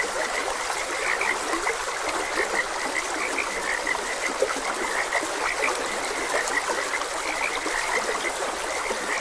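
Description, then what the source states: Many frogs calling together, brief croaks repeating rapidly and overlapping, with a constant background of trickling stream water. Frogs croaking beside a gentle stream.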